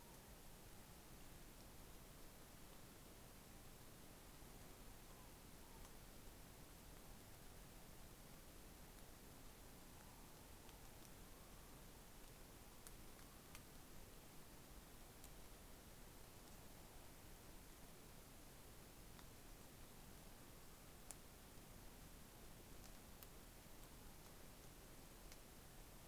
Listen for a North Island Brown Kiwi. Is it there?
no